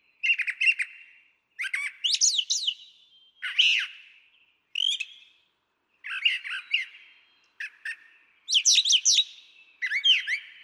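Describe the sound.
Brown Thrasher song: a run of short, varied phrases of chirps, slurred notes and harsh squawky notes, separated by brief pauses.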